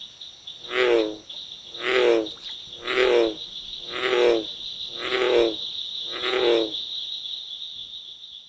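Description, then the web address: American bullfrog calling, six deep, resonant croaks repeated about once a second, with a steady high insect drone behind. "Frog Lithobates Catesbeianus"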